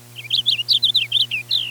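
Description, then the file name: Purple Finch singing a lively, jumbled warble of rapid rising and falling notes that ends on a longer descending slur, with a low hum in the background. From a radio broadcast dated 9 May 1988. "1988-05-09 Purple Finch"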